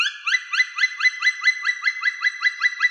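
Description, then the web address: Black woodpecker calling in a fast, steady series of short rising notes, about four each second, backed by a continuous flat tone. "Dryocopus martius"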